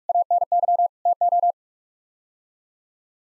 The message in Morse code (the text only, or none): ANY TO